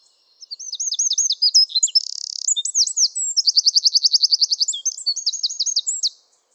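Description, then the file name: Eurasian wren singing a shrill, hurried phrase of repeated high notes, a brief buzz, then a long even trill before ending in looping chirps. "Troglodytes troglodytes"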